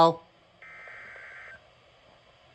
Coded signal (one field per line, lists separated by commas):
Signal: Emergency Alert System (SAME) tones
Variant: header bursts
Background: speech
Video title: SLIGHTSANITY 13: AWAKENING FLOODS - EAS Alerts From 7/12/25 - 7/15/25 (EAS #4327-4379)